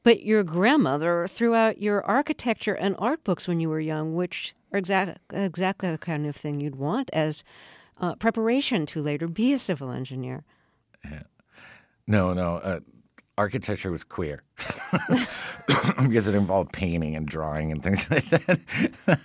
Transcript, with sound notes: But your grandmother threw out your architecture and art books when you were young, which is exactly the kind of thing you'd want as preparation to later be a civil engineer.
Yeah. No, no. Architecture was queer....
(LAUGHTER)
...because it involved painting and drawing and things like that...